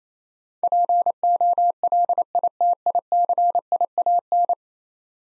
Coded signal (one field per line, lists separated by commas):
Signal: Morse code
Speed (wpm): 28 wpm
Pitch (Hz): 700 Hz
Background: none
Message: POLITICIAN